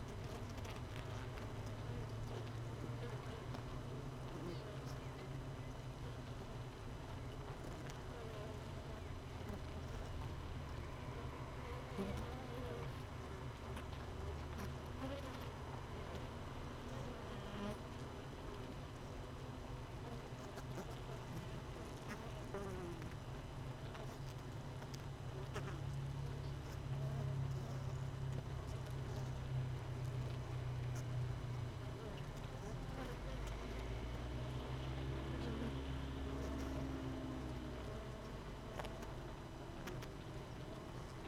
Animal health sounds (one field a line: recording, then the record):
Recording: honeybee colony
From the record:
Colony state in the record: missing queen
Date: 31 May 2018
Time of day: 16:36